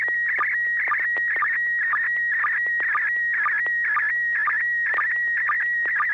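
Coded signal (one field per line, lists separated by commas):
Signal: SSTV (slow-scan television)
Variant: PD120 mode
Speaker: pd-120 so so so so so so so [Applause] scale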